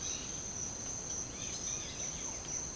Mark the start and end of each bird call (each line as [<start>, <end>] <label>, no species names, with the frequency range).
[1.37, 2.58] bird call (1.9-5.4 kHz)